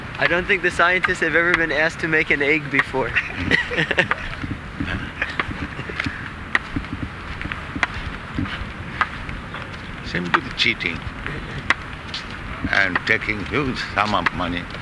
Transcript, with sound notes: I don’t think the scientists have ever been asked to make an egg before. [laughs]
Simply cheating and taking huge sum of money.